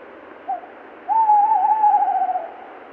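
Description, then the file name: Tawny owl hooting: a brief soft note, then a long, slightly wavering hoot held for over a second over steady background hiss. "Tawny Owl (Strix aluco)"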